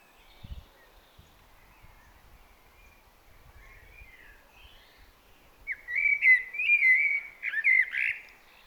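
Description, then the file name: Eurasian blackbird song: near-silence with faint notes and a low thump, then a loud run of fluty warbled whistles with slurred turns for about three seconds. "Turdus merula"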